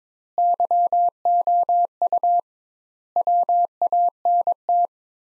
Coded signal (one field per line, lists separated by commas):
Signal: Morse code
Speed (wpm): 22 wpm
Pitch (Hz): 700 Hz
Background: none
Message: YOU WANT